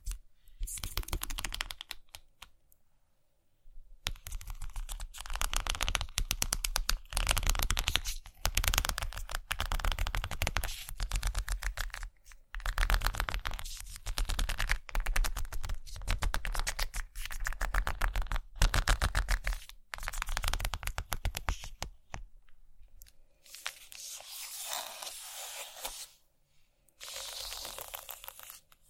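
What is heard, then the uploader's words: Scratching comes in dense, rapid bursts of bright scraping clicks, broken by short silent pauses, the longest near four seconds and twenty-three. ASMR Scratching.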